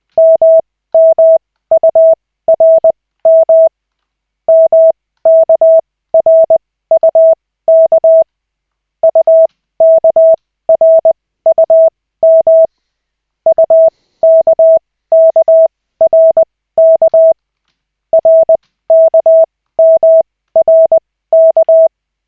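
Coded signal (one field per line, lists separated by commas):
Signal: Morse code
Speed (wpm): 20 wpm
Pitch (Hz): 650 Hz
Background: none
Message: MMURM MKRUK UKRUM UKKRK RKMRK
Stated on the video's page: Koch method Morse practice session with two characters at a time, using LCWO lessons.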